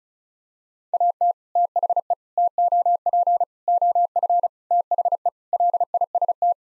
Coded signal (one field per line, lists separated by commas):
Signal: Morse code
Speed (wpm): 34 wpm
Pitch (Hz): 700 Hz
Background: none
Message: AT THE TOP OF THE LIST